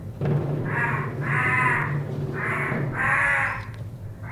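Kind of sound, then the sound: bird, crows cawing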